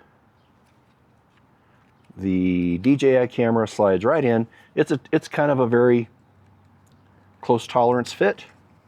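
A DJI Osmo Action 5 Pro action camera is handled as it slides into its close-tolerance protective housing or case. Someone talks over the handling, and nothing has seated or clicked yet when the clip ends.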